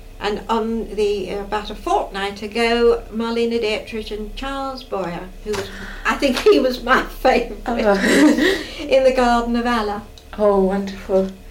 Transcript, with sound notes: And on the, about a fortnight ago, Marlene Dietrich and Charles Boyer. Who was--
Ah-h!
I think he was my favourite. [laughs] In The Garden of Allah.
Oh wonderful!